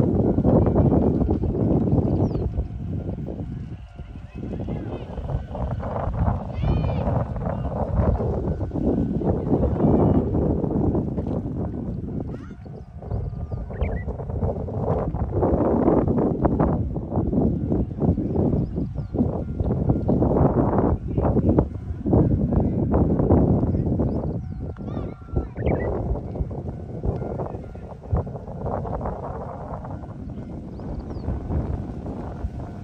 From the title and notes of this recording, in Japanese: 近所の河川敷で。ウグイスの声が心地よかったので。風の音がだいぶ入ってしまっています。